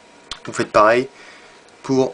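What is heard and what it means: The first retention clip of a desktop motherboard memory slot is pushed into the small notch on the edge of a RAM stick and snaps in with a short, sharp click at 0.3 s. The clip is seated, and someone then talks.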